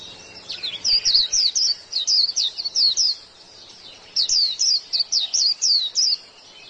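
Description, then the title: White-eye song: two bursts of rapid, high, thin twittering notes that sweep up and down, separated by a short pause. "Pleci"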